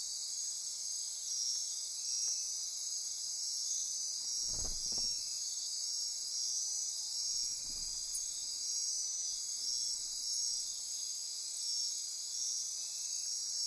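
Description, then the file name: Insects in a steady high trilling chorus, interrupted by two soft low thumps near the middle. Insect chorus recorded at midnight near Corcovado. "Wind-is-the-Original-Radio-Fridays Andy-Martin Midnight-Insect-Chorus-Near-Corcovado"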